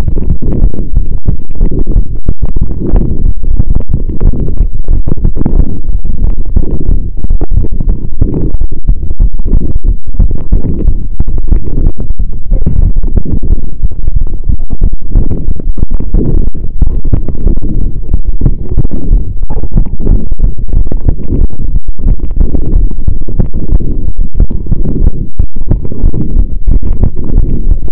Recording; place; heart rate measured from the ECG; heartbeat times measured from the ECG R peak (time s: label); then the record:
heart sounds by stethoscope; between the tricuspid and mitral areas; 182 bpm
0.29 s: heartbeat
0.62 s: heartbeat
0.95 s: heartbeat
1.28 s: heartbeat
1.61 s: heartbeat
1.94 s: heartbeat
2.27 s: heartbeat
2.60 s: heartbeat
2.94 s: heartbeat
3.26 s: heartbeat
3.59 s: heartbeat
3.92 s: heartbeat
4.25 s: heartbeat
4.58 s: heartbeat
4.91 s: heartbeat
5.24 s: heartbeat
5.57 s: heartbeat
5.90 s: heartbeat
6.23 s: heartbeat
6.56 s: heartbeat
6.89 s: heartbeat
7.22 s: heartbeat
7.55 s: heartbeat
7.89 s: heartbeat
8.22 s: heartbeat
8.55 s: heartbeat
8.87 s: heartbeat
9.20 s: heartbeat
9.53 s: heartbeat
9.86 s: heartbeat
10.19 s: heartbeat
10.52 s: heartbeat
10.86 s: heartbeat
11.18 s: heartbeat
11.51 s: heartbeat
11.85 s: heartbeat
12.18 s: heartbeat
12.51 s: heartbeat
12.83 s: heartbeat
13.17 s: heartbeat
13.50 s: heartbeat
13.83 s: heartbeat
14.16 s: heartbeat
14.49 s: heartbeat
14.82 s: heartbeat
15.15 s: heartbeat
15.49 s: heartbeat
15.81 s: heartbeat
16.14 s: heartbeat
16.47 s: heartbeat
16.80 s: heartbeat
17.13 s: heartbeat
17.46 s: heartbeat
17.79 s: heartbeat
18.12 s: heartbeat
18.45 s: heartbeat
18.78 s: heartbeat
19.11 s: heartbeat
19.44 s: heartbeat
19.77 s: heartbeat
20.10 s: heartbeat
20.42 s: heartbeat
20.75 s: heartbeat
21.08 s: heartbeat
21.42 s: heartbeat
21.74 s: heartbeat
22.07 s: heartbeat
22.41 s: heartbeat
22.74 s: heartbeat
23.07 s: heartbeat
23.39 s: heartbeat
23.73 s: heartbeat
24.06 s: heartbeat
24.38 s: heartbeat
24.72 s: heartbeat
25.05 s: heartbeat
25.38 s: heartbeat
25.71 s: heartbeat
26.04 s: heartbeat
26.37 s: heartbeat
26.70 s: heartbeat
27.03 s: heartbeat
27.36 s: heartbeat
27.69 s: heartbeat
From the record:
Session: pedaling a stationary bicycle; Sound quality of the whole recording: saturated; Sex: male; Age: 23 years